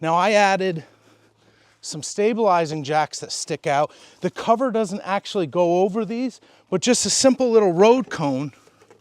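Someone talks while a small rubber road cone is handled at the protruding end of an RV stabilizing jack that sticks out, to pad it under the cover. Two faint, brief taps come at about 8.9 s and 9.1 s, but nothing has seated or clicked yet.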